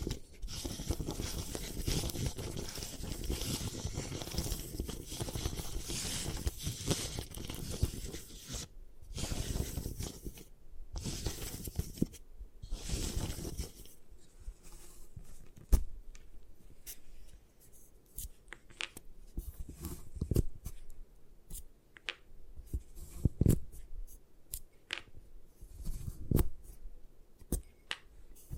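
Gym chalk is crushed and ground, with dense, gritty scraping and crumbling for the first fourteen seconds, broken by a few short pauses. After that it thins to sparse crackles and sharp clicks, with louder snaps near 16, 20, 23 and 27 seconds.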